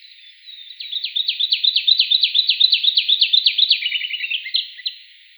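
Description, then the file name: Taiga flycatcher song, a steady run of repeated down-slurred high notes, ending in a quicker rattling flourish. "Muholovka malaja vostochnaja"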